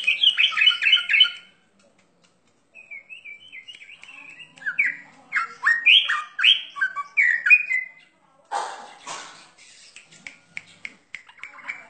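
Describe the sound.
Bird song made of quick varied chirps and rising whistled notes in several bursts, with a harsh rasping phrase near the end.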